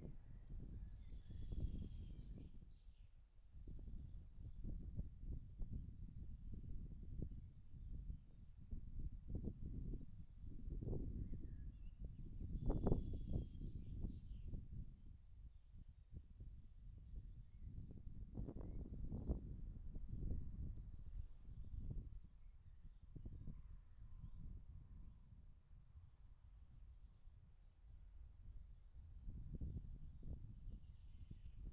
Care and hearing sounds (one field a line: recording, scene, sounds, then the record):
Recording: everyday scene through a hearing-aid microphone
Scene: wind on the microphone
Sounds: wind, birds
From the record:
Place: in front of a rural house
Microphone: behind the ear, left, rear